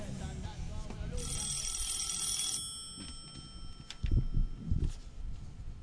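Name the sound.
telephone ringing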